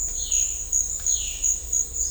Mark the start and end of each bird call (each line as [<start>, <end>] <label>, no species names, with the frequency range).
[0.15, 0.54] bird call (1.7-4.6 kHz)
[1.06, 1.46] bird call (1.7-4.8 kHz)